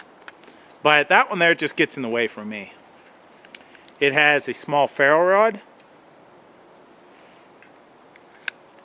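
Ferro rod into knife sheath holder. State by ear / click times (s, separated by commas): seated / 8.5 s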